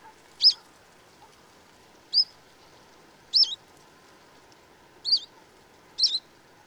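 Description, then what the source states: Bird giving five sharp, sliding wheeoo calls, spaced about one to two seconds apart over a steady background hum. Wheeoo calls of a presumed first-winter bird.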